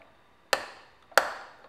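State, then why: Seated. The front guide wheel assembly of a Roomba robot vacuum, turned so its ovals point up and down, is pushed down into its plastic socket. Two sharp clicks ring out at 0.5 s and 1.2 s, and the caster wheel is seated.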